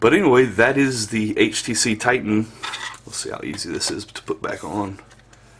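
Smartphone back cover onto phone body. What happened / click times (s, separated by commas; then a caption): Handled, not yet home: phone back cover being lined up, no seating click yet / none. Someone talks while handling the back cover of an HTC Titan smartphone, getting ready to refit it onto the phone body. Speech fills most of the clip, followed by a brief quiet tick near the end. Nothing has seated or clicked yet.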